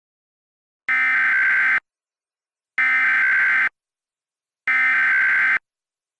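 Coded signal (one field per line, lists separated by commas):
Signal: Emergency Alert System (SAME) tones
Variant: header bursts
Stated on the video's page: EAS tones generated with EAS Encoder 2.4 software running in a Windows 10 virtual machine; practice/demo warning; attention signal distorted by a virtual machine recording audio error.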